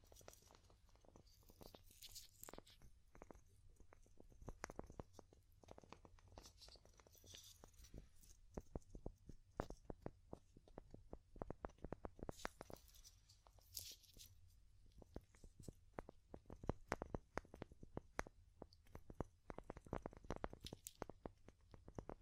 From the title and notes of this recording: ASMR Calming Wood Tapping (No Talking).